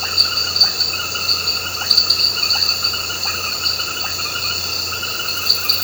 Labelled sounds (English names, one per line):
none